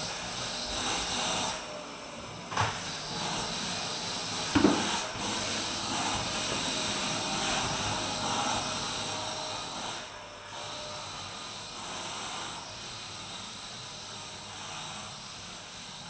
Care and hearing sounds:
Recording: daily activity, microphone in the room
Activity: vacuum cleaning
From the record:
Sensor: 2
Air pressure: 1001.8 hPa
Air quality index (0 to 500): 248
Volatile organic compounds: 39 ppm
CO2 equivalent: 3130 ppm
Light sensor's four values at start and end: 8/27/10/10 and 8/27/10/10

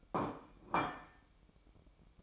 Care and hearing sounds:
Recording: daily activity, microphone in the room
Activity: place plate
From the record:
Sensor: 1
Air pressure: 1007.5 hPa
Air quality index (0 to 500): 79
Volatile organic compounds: 1 ppm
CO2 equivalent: 681 ppm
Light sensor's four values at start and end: 8/19/7/8 and 8/19/7/8

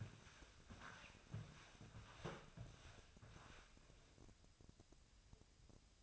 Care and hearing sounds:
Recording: daily activity, microphone in the room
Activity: walk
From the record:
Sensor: 2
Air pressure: 1000.4 hPa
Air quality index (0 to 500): 165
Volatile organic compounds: 3 ppm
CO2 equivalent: 1378 ppm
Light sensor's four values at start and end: 13/35/14/16 and 12/30/12/13

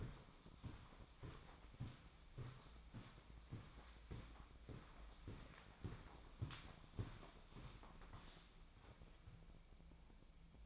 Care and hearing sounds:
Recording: daily activity, microphone in the room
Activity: walk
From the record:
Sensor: 1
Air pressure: 1009.3 hPa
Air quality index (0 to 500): 185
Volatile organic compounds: 4 ppm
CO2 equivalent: 1564 ppm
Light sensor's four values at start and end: 52/139/57/70 and 53/143/58/71

